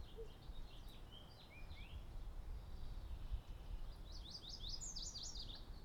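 Birds chirping in rapid high, downslurred notes, scattered early then a fast series near the end, over constant low rumbling background noise.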